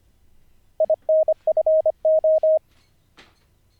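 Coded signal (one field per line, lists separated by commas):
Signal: Morse code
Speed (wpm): 25 wpm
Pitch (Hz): 630 Hz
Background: none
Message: INFO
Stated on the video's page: Daily ten-minute Morse code learning practice, live-streamed, day 45 of 90.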